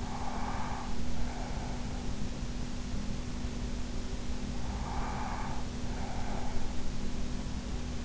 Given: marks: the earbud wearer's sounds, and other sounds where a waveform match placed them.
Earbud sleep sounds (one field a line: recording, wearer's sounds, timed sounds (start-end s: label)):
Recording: sounds in sleep by an in-ear microphone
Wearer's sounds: breath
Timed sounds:
0.00-1.89 s: breath
4.65-6.64 s: breath